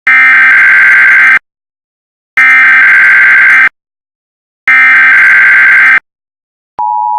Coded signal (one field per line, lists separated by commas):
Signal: Emergency Alert System (SAME) tones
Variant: header bursts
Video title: EAS Met Office Yellow Rain Warning For Saturday 26th May (HD) (EAS #18)